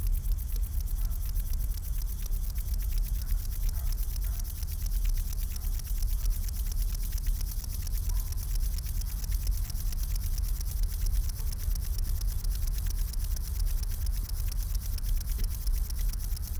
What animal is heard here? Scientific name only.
Chorthippus apricarius